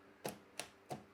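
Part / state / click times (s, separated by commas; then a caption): UV ink cartridge into printer ink bay slot / seated / 0.6 s. A keyed plastic 100 ml UV ink cartridge, rounded at the back and flat at the front, is dropped into its matching color slot in the ink bay of a eufyMake E1 UV printer and pressed down. Three short, sharp clicks sound at about 0.3, 0.6 and 0.9 seconds, with the firm seating click at 0.6 seconds. The cartridge seats home.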